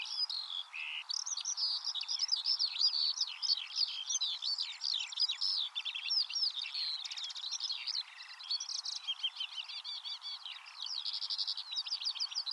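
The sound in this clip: Eurasian skylark song, a long, dense outpouring of high chattering trills, rattles and liquid whistles running on almost without gaps.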